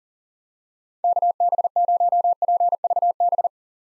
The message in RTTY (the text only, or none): none